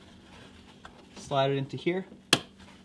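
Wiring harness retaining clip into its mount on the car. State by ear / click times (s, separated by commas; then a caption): seated / 2.3 s. Someone talks while sliding a plastic retaining clip from the connection labeled C on a wiring harness into its mount on a BMW F30 during a power trunk retrofit. A sharp, bright click at 2.3 s marks the clip snapping home and locking in place.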